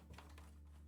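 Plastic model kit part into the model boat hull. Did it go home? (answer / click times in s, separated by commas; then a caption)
no / none. A plastic model kit part is handled and pressed toward the hull of a plastic model boat, with soft rustling and light tapping over a steady low hum. Nothing has seated or clicked yet.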